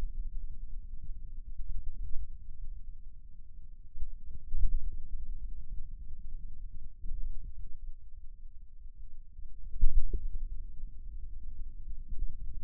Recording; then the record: forearm muscle sounds (acoustic myography)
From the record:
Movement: hand closing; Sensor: system 2, bracelet of six BSWA MPA416 microphones around the upper forearm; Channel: 2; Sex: male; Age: 22 years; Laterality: right